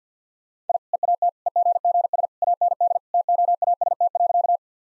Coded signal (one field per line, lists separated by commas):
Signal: Morse code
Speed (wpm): 50 wpm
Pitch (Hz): 700 Hz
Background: none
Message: I EAT EGGS AND TOAST.